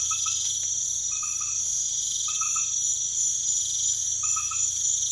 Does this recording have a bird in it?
no